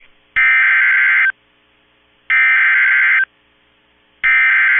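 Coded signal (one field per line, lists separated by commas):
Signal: Emergency Alert System (SAME) tones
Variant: header bursts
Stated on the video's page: Severe Thunderstorm Warning SAME tones received from NOAA Weather Radio transmitter KIG86 Columbus, Ohio.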